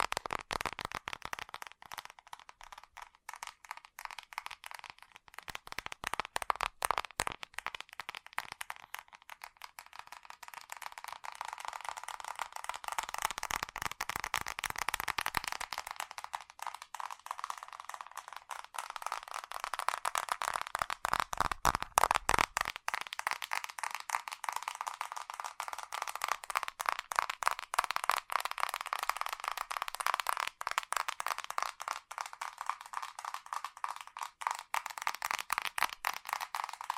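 Fast tapping runs throughout as a dense, rapid patter of sharp clicks, bright and rattly, with little low end. The pace swells and thins in waves, packing tightest around 10–15 and 20–25 seconds, with a brief scraping burst near 22 seconds.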